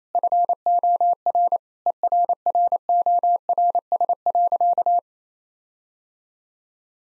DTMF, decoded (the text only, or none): none